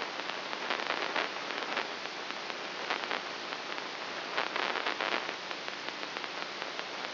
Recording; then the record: brain microelectrode recording played as sound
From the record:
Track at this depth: inside the subthalamic nucleus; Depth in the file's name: 1.804 mm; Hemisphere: right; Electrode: 3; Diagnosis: Parkinson's disease